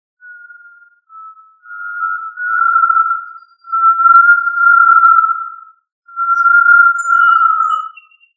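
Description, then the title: Tinamou whistling in sustained, even tones at one steady pitch, two faint short notes first, then long drawn notes separated by brief pauses. Identified as family Tinamidae; given in Indonesian as puyuh. "Familia Tinamidae - Quail - Puyuh"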